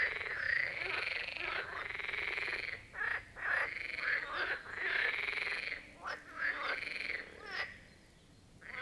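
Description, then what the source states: Marsh frog chorus of dense, rattling croaks running almost continuously before a short quiet spell at the end. Chorus of marsh frogs at the Birkensee in Schönbuch, Germany, recorded on one of the first hot summer days of 2023.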